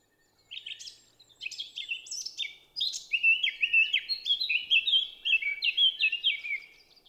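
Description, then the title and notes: Eurasian blackcap song: a brisk, melodious warble that builds into clear, loud whistled phrases, with almost nothing else audible. Recorded 10 April 2020 at Champs des Blas, Val Maravel, after the dawn chorus; single melodious singer; Nagra LB recorder, stereo omni MKH20 microphones. "Fauvette à tête noire (Sylvia atricapilla). Champs des Blas - Val Maravel"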